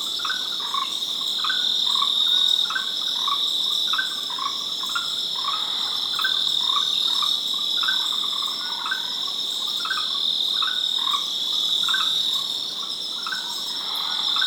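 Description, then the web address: Frog calls, brief notes repeating rhythmically, set against a continuous shrill insect chorus. "Frogs World"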